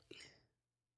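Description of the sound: An adult man gives a single short cough. He is recovering from an illness this week that made him lose his voice.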